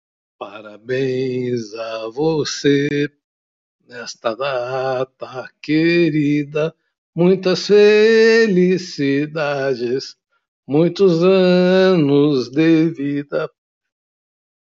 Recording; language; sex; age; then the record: short text; Brazilian Portuguese; male; 50 to 59 years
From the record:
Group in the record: control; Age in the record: 59 years